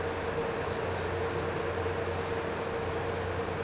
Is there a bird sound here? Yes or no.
no